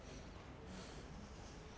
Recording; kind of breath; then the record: one breath in and out by a microphone near the nose and mouth; normal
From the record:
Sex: male